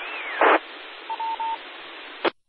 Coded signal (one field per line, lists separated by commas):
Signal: none